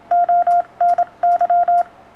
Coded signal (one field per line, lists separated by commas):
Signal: Morse code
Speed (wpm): 26 wpm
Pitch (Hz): 700 Hz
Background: none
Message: ONY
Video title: Correção Rápida e Fácil para Seus CW